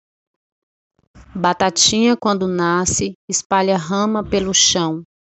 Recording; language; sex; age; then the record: short text; Brazilian Portuguese; female; 30 to 39 years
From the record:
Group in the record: control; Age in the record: 39 years